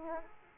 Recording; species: mosquito wingbeat signal from an infrared sensor; Aedes aegypti